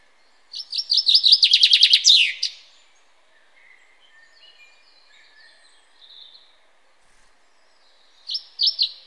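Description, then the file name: Common chaffinch song: a fast run of bright chipping notes ending in a flourish, then quiet faint chirps, and a new song beginning near the end. "Fringilla coelebs"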